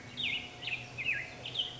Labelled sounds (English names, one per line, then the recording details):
Black-headed Grosbeak
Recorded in Sonoma County, California